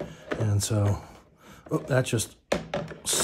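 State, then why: Seated. The plastic dust bin of a eufy Robovac X8 hybrid robot vacuum and mop is slid back into the robot vacuum body while someone talks. It snaps into place with a sharp click at 2.5 s, followed by quieter knocks, and ends up seated.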